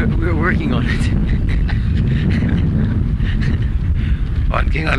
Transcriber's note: laughter